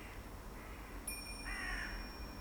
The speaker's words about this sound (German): Links von dir ist ein Feld und darüber kreisen Vögel.